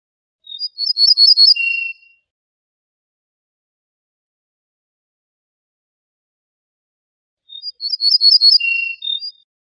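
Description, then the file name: Ortolan bunting song: two brief phrases about seven seconds apart, each a quick run of high ringing repeated notes ending in a lower, drawn-out tone; silence between. "suara kicauan ortolan"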